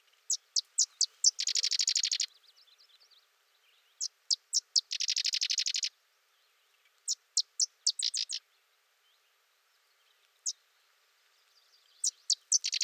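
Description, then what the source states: Sedge wren song: several staccato high chips leading into a rapid buzzy chatter, the pattern repeating several times. Singing close for over 3 minutes.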